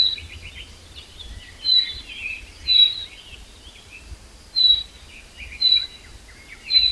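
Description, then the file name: Common chaffinch repeating a short, high whistled note at uneven gaps, with faint bird chirps in the background. "Fringilla coelebs"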